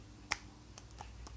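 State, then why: Seated. A pod cartridge for the ENVII FITT closed-system vape starter kit is pushed down into the small device base until it clips in. A single sharp, bright click lands at 0.3 s, followed by fainter ticks around 0.8 s and 1.0 s, and the cartridge is seated.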